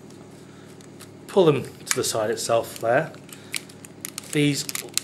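Someone talks while handling the fist parts of a large plastic Transformers toy, flipping them up and pulling them to the side as it is transformed into head mode. Soft handling noises and a few small sharp clicks and taps are heard. The fists have not yet locked into place; nothing has seated or clicked yet.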